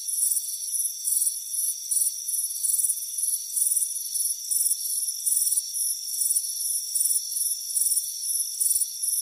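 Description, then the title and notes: Cricket chirps, shrill pulsed bursts repeating close to twice a second, layered over a constant thin whine of other insects. Crickets chirping on a warm afternoon on a front porch. "Soothing Crickets Chirping Sound. It's a warm afternoon as you relax in a hammock on the front porch. Deep Sleep Sounds"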